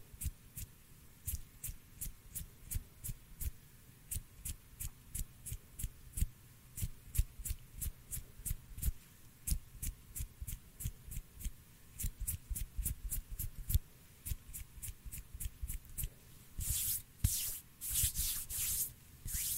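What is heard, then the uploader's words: Intense hand sounds with no talking: quick rubs and soft slaps repeat rapidly and fairly regularly, each a short crisp burst over a low, thumping undertone. Near the end, around seventeen seconds, the strokes turn brighter and more rustling. ASMR HAND SOUNDS NO TALKING,INTENSE HAND SOUNDS ASMR NO TALKING. ASMR HAND MOVEMENTS.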